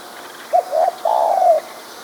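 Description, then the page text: Spotted dove coo, two short soft notes then a long smooth drawn-out coo, low and mellow. "Spotted Dove Song Sound Effect. Quick Sounds"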